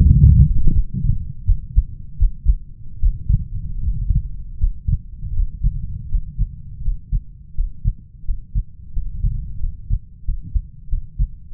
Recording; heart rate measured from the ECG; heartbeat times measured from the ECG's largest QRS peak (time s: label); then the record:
heart sounds by stethoscope; 84 bpm
0.04 s: heartbeat
0.72 s: heartbeat
1.44 s: heartbeat
2.17 s: heartbeat
2.99 s: heartbeat
3.79 s: heartbeat
4.57 s: heartbeat
5.33 s: heartbeat
6.08 s: heartbeat
6.81 s: heartbeat
7.53 s: heartbeat
8.23 s: heartbeat
8.91 s: heartbeat
9.58 s: heartbeat
10.23 s: heartbeat
10.87 s: heartbeat
11.50 s: heartbeat
From the record:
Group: healthy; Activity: Valsalva maneuver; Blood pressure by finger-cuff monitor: 91/69 mmHg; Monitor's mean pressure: 76 mmHg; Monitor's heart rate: 81 bpm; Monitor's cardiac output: 5.1 L/min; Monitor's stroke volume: 66 mL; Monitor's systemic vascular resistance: 930 dyn s/cm5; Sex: male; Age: 20 years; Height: 187 cm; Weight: 68.9 kg